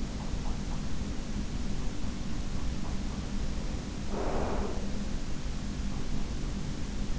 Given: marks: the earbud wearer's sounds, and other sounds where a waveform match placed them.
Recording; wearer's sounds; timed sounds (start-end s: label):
sounds in sleep by an in-ear microphone; breath
3.00-5.33 s: breath